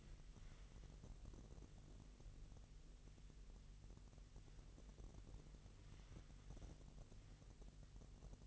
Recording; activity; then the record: daily activity, microphone in the room; wipe stove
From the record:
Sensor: 4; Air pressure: 1001.8 hPa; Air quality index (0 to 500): 248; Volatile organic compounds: 40 ppm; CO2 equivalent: 3154 ppm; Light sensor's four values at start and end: 8/19/7/7 and 8/18/7/6